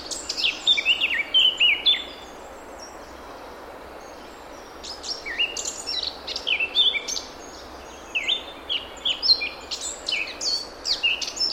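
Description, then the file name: Eurasian blackcap song, lively warbled phrases in two bursts split by a short silence, notes fast, varied and tumbling. "Sylvia atricapilla"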